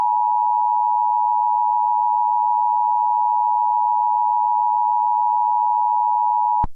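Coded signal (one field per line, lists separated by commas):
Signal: Emergency Alert System (SAME) tones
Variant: 853 and 960 Hz attention tone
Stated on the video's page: Joke EAS scenario, simulated but using valid EAS tones.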